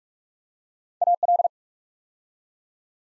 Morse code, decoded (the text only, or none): AL